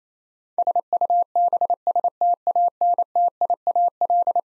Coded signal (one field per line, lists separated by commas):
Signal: Morse code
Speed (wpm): 28 wpm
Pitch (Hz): 700 Hz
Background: none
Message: SUBSTANTIAL